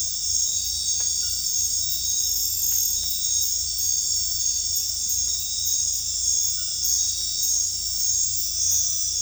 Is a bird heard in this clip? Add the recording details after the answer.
no. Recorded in dense forest near Puerto Asís, Putumayo, Colombia, on 18 December 2024 at 20:30. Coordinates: 0.484, -76.317. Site G026